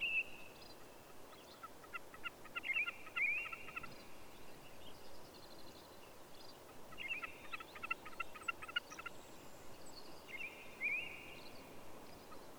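Bird song, faint trilled phrases of rapid notes with rising slurred whistles, repeated in bursts several seconds apart over a low background hiss.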